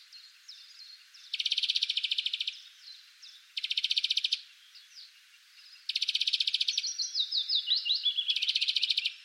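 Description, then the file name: European greenfinch giving several short buzzy rattling trills separated by pauses, with twittered notes between them. "Chloris chloris"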